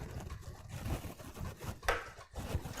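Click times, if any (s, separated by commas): 1.9 s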